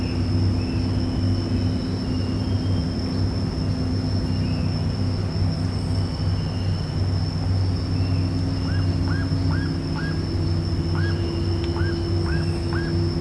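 Bird calls arriving late: a few hooked notes in two short bursts over a steady low rumbling hum that fills the recording.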